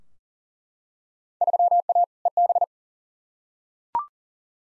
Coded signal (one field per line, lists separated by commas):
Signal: Morse code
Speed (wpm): 40 wpm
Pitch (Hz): 700 Hz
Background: none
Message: 3A EB